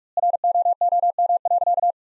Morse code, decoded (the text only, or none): ROOM.